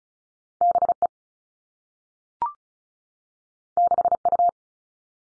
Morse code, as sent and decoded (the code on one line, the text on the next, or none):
-... / . / -.... / ..-
B E 6 U